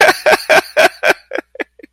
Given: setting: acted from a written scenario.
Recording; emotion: vocal sound without words; amusement